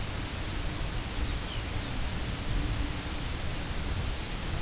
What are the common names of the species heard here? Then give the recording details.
Lapland Longspur. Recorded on Arctic tundra, site UTQI-2, on 10 June 2019. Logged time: 16:00